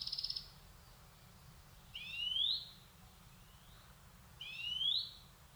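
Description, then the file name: European greenfinch giving rising, slurred wheezy calls, two upward-sweeping notes about two and a half seconds apart, after a brief buzzy pulsed note at the start; low hum underneath. "Chloris chloris"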